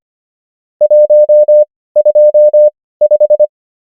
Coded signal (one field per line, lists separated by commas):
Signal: Morse code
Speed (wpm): 25 wpm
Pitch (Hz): 600 Hz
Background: none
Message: 1 2 5